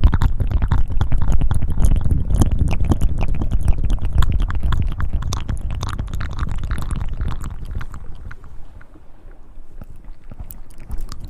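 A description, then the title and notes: Wet mouth sounds fill the recording: dense clicks and smacks like chewing, with a soft low rumble underneath. The activity is busiest and fullest in the first half, then thins and quiets after about eight seconds into sparser, lighter clicks. ASMR Best Mouth Sounds.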